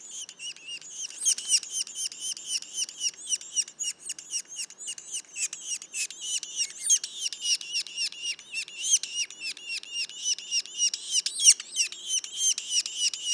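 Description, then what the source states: Yellow-bellied sapsucker young, a long run of rapid raspy notes, somewhat irregular. Juveniles; Mont-Orford National Park, Quebec.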